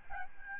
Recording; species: mosquito wingbeat signal from an infrared sensor; Aedes albopictus